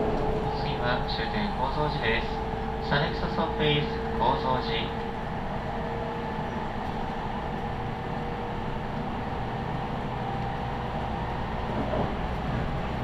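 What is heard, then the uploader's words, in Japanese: A local train on the line, heard from inside the carriage: a steady low rumble with a constant whining tone running throughout. In the first five seconds, a voice, likely an announcement or talk, comes through clearly, then only the even running noise remains. 中央西線 普通 名古屋→高蔵寺 313系8000番台。座席は転換クロスシート、窓にはカーテンということで若干グレードが高いです。通勤ラッシュの折り返しになるので多少立つ人が出るくらいですね～。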